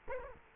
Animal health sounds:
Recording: mosquito wingbeat signal from an infrared sensor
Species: Culex quinquefasciatus

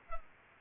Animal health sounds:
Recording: mosquito wingbeat signal from an infrared sensor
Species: Culex pipiens

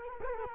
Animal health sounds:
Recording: mosquito wingbeat signal from an infrared sensor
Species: Culex quinquefasciatus

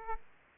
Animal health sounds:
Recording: mosquito wingbeat signal from an infrared sensor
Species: Aedes aegypti

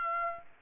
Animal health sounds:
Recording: mosquito wingbeat signal from an infrared sensor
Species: Aedes aegypti

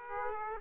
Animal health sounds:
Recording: mosquito wingbeat signal from an infrared sensor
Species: Aedes aegypti

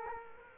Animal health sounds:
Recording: mosquito wingbeat signal from an infrared sensor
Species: Culex quinquefasciatus

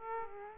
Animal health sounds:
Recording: mosquito wingbeat signal from an infrared sensor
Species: Aedes aegypti

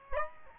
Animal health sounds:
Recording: mosquito wingbeat signal from an infrared sensor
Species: Aedes albopictus

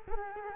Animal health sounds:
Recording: mosquito wingbeat signal from an infrared sensor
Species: Culex quinquefasciatus

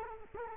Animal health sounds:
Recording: mosquito wingbeat signal from an infrared sensor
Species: Culex quinquefasciatus

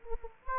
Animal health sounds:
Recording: mosquito wingbeat signal from an infrared sensor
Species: Anopheles gambiae

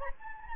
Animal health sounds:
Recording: mosquito wingbeat signal from an infrared sensor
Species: Anopheles gambiae

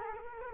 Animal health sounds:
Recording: mosquito wingbeat signal from an infrared sensor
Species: Culex quinquefasciatus

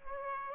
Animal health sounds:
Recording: mosquito wingbeat signal from an infrared sensor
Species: Aedes aegypti

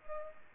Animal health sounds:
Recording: mosquito wingbeat signal from an infrared sensor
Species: Culex pipiens

